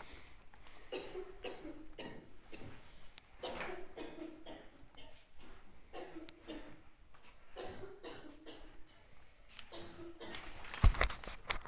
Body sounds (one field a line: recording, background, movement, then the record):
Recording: deep breathing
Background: a bystander coughing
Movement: walking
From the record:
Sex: female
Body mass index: 21.8 kg/m2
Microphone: on the chest, facing outward